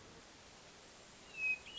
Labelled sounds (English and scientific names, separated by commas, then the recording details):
Hermit Thrush (Catharus guttatus)
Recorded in Sonoma County, California